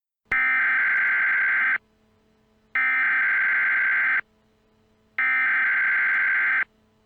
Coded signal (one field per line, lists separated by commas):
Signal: Emergency Alert System (SAME) tones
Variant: header bursts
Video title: EAS Scenario - The Glitch